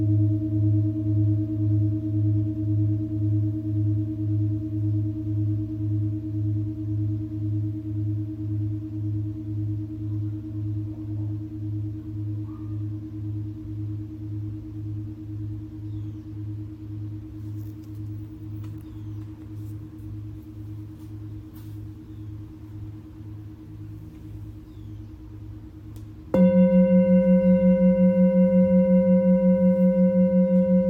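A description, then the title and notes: A Tibetan singing bowl rings with a low, pulsing hum that wavers steadily while slowly fading over about 26 seconds. Near the 26-second mark a brighter, louder tone is struck and takes over, shimmering with its own quick throb until the end. Tibetan Singiing Bowl.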